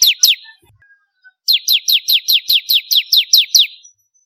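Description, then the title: Bar-winged prinia gives two sharp high chirps, falls briefly silent, then launches a steady run of about eleven downslurred notes. "Kicau Ciblek Kristal"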